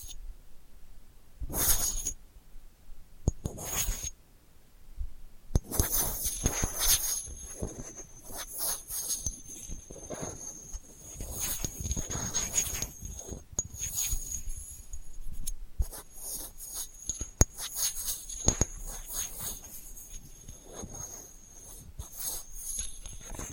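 Delicate scratching comes in short dry bursts, sparse for the first five seconds, then nearly continuous and busier afterward with brief pauses. The strokes are crisp and bright, and a faint high steady whine runs through much of the clip.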